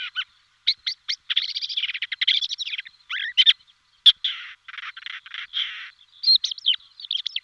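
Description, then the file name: Lesser grey shrike chattering song: a near-continuous run of scratchy, buzzy notes mixed with short whistles and rattling phrases, fairly varied and rapid throughout. "averla cenerina"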